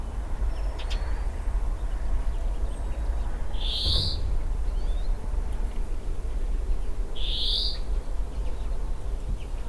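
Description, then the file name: European greenfinch uttering two long nasal wheezes, about three and a half seconds apart, each a buzzy upslurred note, against a steady deep rumble. "Chloris chloris"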